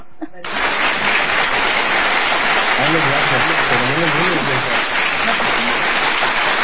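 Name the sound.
applause sound effect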